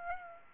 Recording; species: mosquito wingbeat signal from an infrared sensor; Aedes aegypti